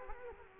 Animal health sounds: mosquito wingbeat signal from an infrared sensor; Culex quinquefasciatus

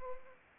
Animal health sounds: mosquito wingbeat signal from an infrared sensor; Anopheles arabiensis

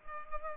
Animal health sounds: mosquito wingbeat signal from an infrared sensor; Culex pipiens

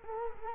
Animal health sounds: mosquito wingbeat signal from an infrared sensor; Culex quinquefasciatus

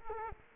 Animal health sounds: mosquito wingbeat signal from an infrared sensor; Culex quinquefasciatus

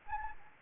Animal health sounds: mosquito wingbeat signal from an infrared sensor; Anopheles gambiae

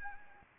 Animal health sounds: mosquito wingbeat signal from an infrared sensor; Anopheles arabiensis

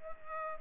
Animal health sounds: mosquito wingbeat signal from an infrared sensor; Culex pipiens

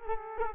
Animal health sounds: mosquito wingbeat signal from an infrared sensor; Culex quinquefasciatus

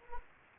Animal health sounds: mosquito wingbeat signal from an infrared sensor; Anopheles gambiae

